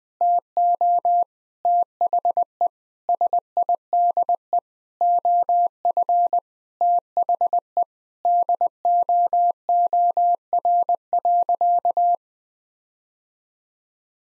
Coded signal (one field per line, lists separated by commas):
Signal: Morse code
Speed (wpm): 21 wpm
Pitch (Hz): 700 Hz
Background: none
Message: TO THE SIDE OF THE DOOR.